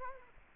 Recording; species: mosquito wingbeat signal from an infrared sensor; Culex quinquefasciatus